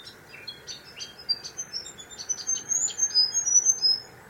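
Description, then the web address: Bird giving a quick series of high, thin chirps and short whistled notes, growing busier and louder toward the end. Unidentified bird calling in mangroves. "Sound Effects-Foundation 1 BIRD UNKNOWN MAGROVES CALL"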